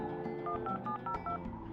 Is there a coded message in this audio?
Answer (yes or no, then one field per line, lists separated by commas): yes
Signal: DTMF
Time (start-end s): 0.5-1.4 s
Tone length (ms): 110 ms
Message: 15702